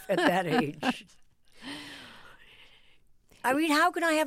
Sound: laughter

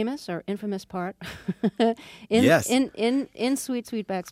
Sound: laughter

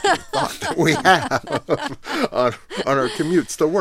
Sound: laughter

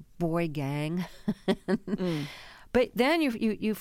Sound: laughter

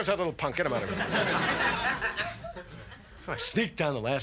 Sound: soundbite of audience chuckling

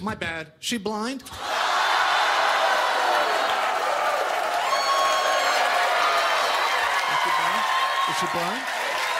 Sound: cheering, applause

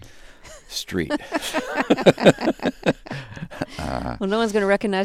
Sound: soundbite of laughter

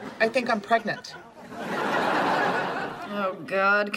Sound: laughter

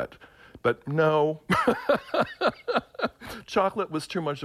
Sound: laughter

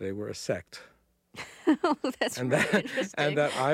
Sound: laughs

